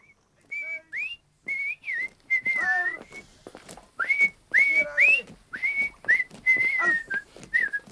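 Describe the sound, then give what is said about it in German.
A person whistles a jaunty tune alone in an army barracks, bright tones in short phrases with quick upward slides, some notes held and wavering, steady and moderately loud throughout. “Das ordinäre Pfeifen wird eingestellt.”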